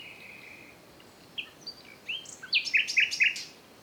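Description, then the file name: Common nightingale song: a long thin whistled note, scattered short notes, then a short run of loud repeated chirps near the end. "Luscinia megarhynchos"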